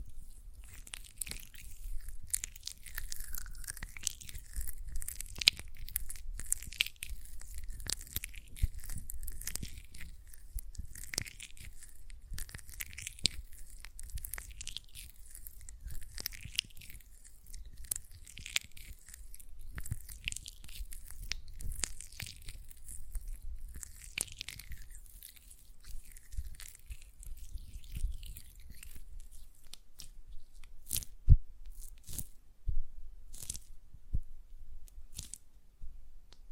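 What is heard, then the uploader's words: Hands work gel lotion with wet, squishy, sticky sounds that rise and fall in quick repeated strokes through most of the clip. A low rumble runs underneath. Near the end the rubbing stops, leaving a few sharp clicks and snaps. ASMR Gel Lotion Hand Sounds (No Talking).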